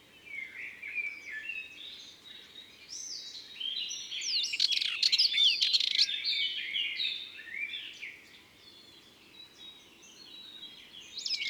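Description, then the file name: Sardinian warbler song, rapid harsh rattling bursts mixed with thin whistled notes, loudest in the middle. Recorded in Ardèche, France. "Fauvette-Melanocephale-Concerts-Naturels-De-l Ardeche"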